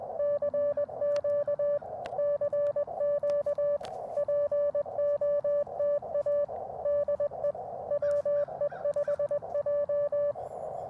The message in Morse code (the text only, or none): CQ CQ POTA DE WE5J